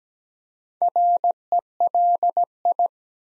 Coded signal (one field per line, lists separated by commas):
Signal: Morse code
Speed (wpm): 17 wpm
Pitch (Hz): 700 Hz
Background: none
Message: RELI